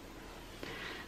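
The plastic tool clamp on a Cricut Maker cutting machine's carriage is closed after the blade housing has been pushed down until it clicks. A single short click is heard at 0.6 s against a steady low background hiss. The clamp shuts and the blade is seated.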